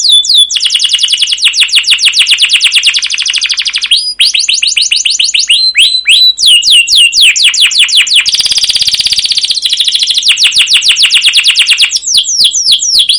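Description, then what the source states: Canary singing nonstop: rapid rolling chirps repeated many times a second, a buzzy churring passage, then more rolling chirps and quick sweeps. Canary in long, full rolling song with cuit cuit chirps and ngerol rolls; a masteran used as a lure to stimulate other canaries to sing.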